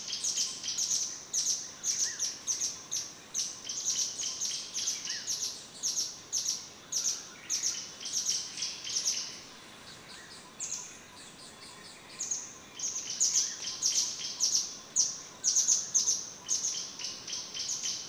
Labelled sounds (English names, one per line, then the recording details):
Banded Prinia
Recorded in Kibale, Uganda